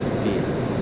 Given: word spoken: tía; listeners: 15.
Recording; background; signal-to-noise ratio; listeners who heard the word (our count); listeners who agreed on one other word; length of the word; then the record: one Spanish word in noise, from a listening test; speech-shaped noise; -4.8 dB; 2 of 15; 6 of 15; 0.42 s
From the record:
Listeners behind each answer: 6, 2, 2, 1, 1, 1, 1, 1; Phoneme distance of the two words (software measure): 21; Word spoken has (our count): 2 syllables, 3 phonemes, stress on syllable 1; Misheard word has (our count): 1 syllable, 2 phonemes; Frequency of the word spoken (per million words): 46.50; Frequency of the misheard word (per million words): 188.49